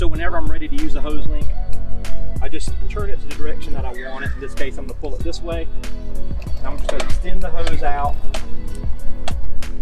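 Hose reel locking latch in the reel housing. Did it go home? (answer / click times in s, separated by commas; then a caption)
no / none. Someone talks over music while a hose is pulled out from a Hoselink retractable hose reel, handling the locking latch in the reel housing. Nothing has seated or clicked yet; the reel's ratchet latch has not caught and locked the hose.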